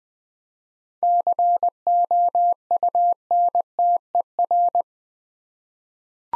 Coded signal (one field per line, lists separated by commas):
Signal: Morse code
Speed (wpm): 20 wpm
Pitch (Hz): 700 Hz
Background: none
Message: COUNTER